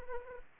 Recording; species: mosquito wingbeat signal from an infrared sensor; Anopheles arabiensis